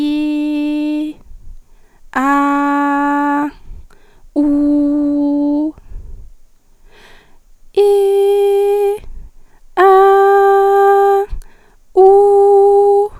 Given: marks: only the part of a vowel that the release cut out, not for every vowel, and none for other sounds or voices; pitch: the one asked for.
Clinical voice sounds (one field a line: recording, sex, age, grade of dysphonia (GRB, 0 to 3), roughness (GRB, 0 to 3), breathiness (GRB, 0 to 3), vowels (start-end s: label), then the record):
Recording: sustained vowels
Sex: female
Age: 20 to 29 years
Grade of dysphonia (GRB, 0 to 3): 0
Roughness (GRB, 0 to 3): 0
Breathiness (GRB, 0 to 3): 0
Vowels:
0.00-0.98 s: vowel /i/, normal pitch
2.42-3.21 s: vowel /a/, normal pitch
4.56-5.58 s: vowel /u/, normal pitch
7.84-8.85 s: vowel /i/, high pitch
10.00-10.96 s: vowel /a/, high pitch
12.08-12.80 s: vowel /u/, high pitch
From the record:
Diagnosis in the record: healthy voice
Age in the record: 22 years